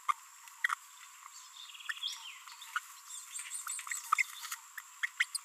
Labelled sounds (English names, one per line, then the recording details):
Green-rumped Parrotlet babbling
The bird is a female
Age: 30 days
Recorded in a nest box in Venezuela
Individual 17B42B1